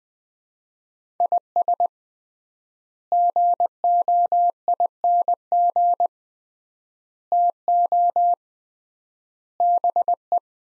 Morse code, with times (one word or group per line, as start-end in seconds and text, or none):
1.2-1.9 IS
3.1-6.1 GOING
7.3-8.3 TO
9.6-10.4 BE